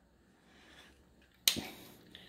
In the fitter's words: you adjust it and you crank until you hear that.